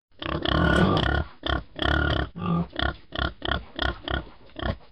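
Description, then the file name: Pig grunting in a series of harsh, noisy bursts, longer at first, then shorter grunts repeated about every half second. "porco"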